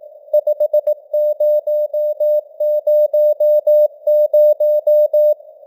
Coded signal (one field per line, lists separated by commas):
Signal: Morse code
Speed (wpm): 18 wpm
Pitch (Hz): 600 Hz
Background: none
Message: 5000